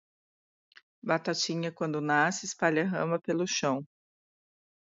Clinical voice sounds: short text; Brazilian Portuguese; female; 40 to 49 years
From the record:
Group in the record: control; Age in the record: 41 years

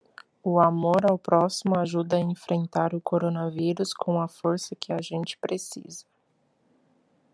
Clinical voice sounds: spoken sentence; Brazilian Portuguese; female; 30 to 39 years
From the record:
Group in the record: control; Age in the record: 31 years

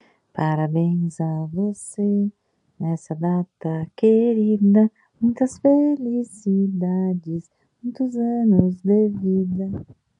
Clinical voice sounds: short text; Brazilian Portuguese; female; 50 to 59 years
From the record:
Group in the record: control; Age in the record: 51 years

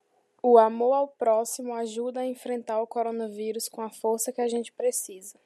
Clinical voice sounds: spoken sentence; Brazilian Portuguese; female; 20 to 29 years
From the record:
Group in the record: control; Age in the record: 24 years

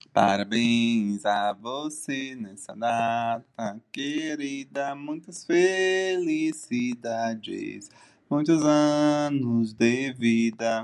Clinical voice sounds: short text; Brazilian Portuguese; male; 20 to 29 years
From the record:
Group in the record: control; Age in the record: 27 years

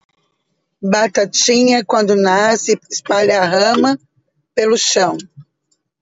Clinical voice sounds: short text; Brazilian Portuguese; female; 40 to 49 years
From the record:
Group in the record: control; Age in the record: 44 years

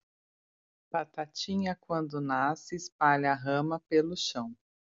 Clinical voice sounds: short text; Brazilian Portuguese; female; 30 to 39 years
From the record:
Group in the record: control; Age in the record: 38 years

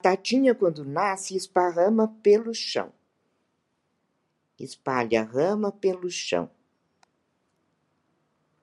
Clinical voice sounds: short text; Brazilian Portuguese; female; 70 to 79 years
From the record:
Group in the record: control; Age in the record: 72 years

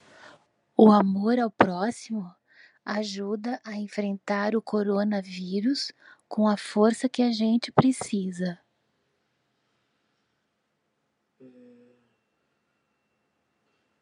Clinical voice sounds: spoken sentence; Brazilian Portuguese; female; 50 to 59 years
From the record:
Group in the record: control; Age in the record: 56 years

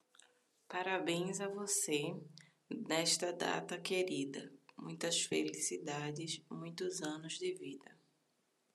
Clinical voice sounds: short text; Brazilian Portuguese; female; 20 to 29 years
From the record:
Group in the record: control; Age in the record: 28 years

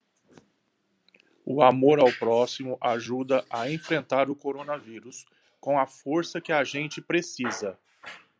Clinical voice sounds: spoken sentence; Brazilian Portuguese; male; 50 to 59 years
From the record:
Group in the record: control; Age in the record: 55 years

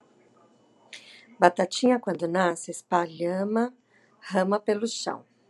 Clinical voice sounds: short text; Brazilian Portuguese; female; 50 to 59 years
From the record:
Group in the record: control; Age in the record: 52 years

